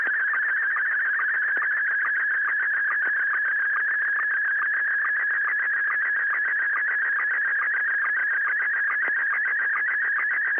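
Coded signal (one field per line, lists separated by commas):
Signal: SSTV (slow-scan television)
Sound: steady warbling whistle around 1.7 kHz with a short low blip about twice a second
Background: radio static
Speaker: an example of the sort of thing I heave around um on the Sundays and on practice nights when I go bell ringing how did it come over with with you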